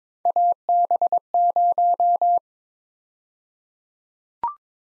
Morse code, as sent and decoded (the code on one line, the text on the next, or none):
.- -... -----
AB0